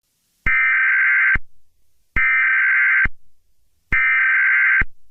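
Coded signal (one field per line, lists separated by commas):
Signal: Emergency Alert System (SAME) tones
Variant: header bursts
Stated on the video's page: Fictional EAS scenario about a toxic spill in Los Angeles creating zombies; a simulated alert, not real.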